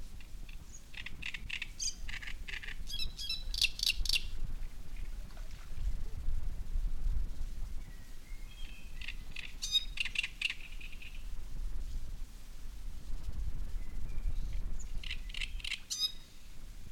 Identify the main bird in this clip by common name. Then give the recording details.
Great Reed Warbler. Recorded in the wild. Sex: male. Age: adult. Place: Müggelsee, Berlin, DE. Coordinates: 52.43, 13.64. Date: 1990-05-19. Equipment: Uher 4400 Report Monitor, Sennheiser ME 80, K 30 AV. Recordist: Fischer, Stefan